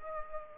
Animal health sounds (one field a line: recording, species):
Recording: mosquito wingbeat signal from an infrared sensor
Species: Aedes aegypti